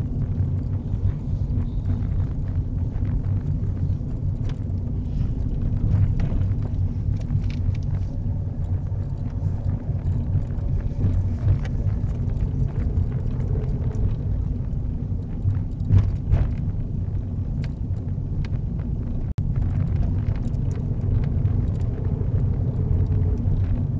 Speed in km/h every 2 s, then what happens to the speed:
26, 24, 21, 19, 23, 24, 23, 21, 23, 26, 29, 26.
0-5 slows to 19. 5-15 steady at about 23. 15-19 speeds up to 29.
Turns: none.